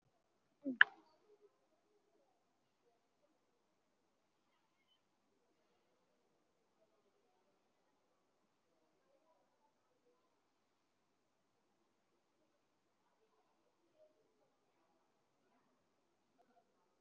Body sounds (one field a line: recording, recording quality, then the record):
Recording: shallow breathing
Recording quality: poor, much background noise or distortion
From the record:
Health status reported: COVID-19 positive, moderate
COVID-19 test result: positive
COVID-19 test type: RT-PCR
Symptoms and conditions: fever, muscle pain, loss of smell and taste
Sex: male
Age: 28 years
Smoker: no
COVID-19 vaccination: both doses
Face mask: worn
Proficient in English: yes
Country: India